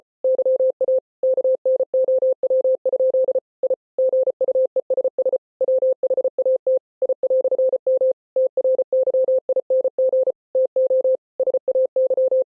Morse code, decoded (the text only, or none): YA KNOW? I GUESS WHAT I"M TRYING TO SAY